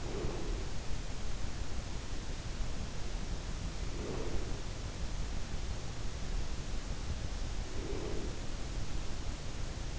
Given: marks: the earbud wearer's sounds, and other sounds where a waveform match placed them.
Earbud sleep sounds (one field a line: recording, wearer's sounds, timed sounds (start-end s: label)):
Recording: sounds in sleep by an in-ear microphone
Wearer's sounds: breath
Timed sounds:
0.00-0.84 s: breath
3.84-4.62 s: breath
7.62-8.59 s: breath